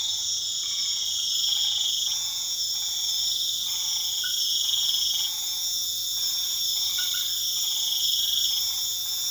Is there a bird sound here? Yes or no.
no